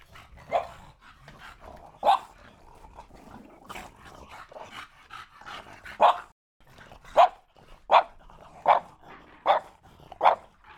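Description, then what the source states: Dog giving single barks, at first irregular, then in a steady series. Dog panting and barking.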